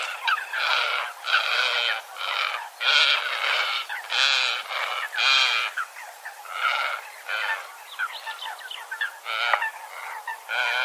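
Bird calls, harsh nasal notes in quick uneven bursts, repeated throughout with short pauses between.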